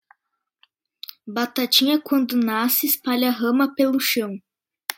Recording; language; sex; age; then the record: short text; Brazilian Portuguese; female; 20 to 29 years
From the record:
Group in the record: control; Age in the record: 21 years